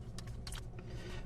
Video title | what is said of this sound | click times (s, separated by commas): Chuck's Reviews Transformers Missing Link Sunstreaker | and press down firmly until it snaps back into place. | 0.2 s, 0.5 s